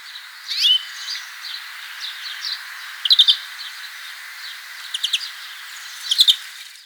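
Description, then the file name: European greenfinch calls: several short, bright chirping bursts at irregular intervals, with softer notes between, over steady background noise. "Chloris chloris"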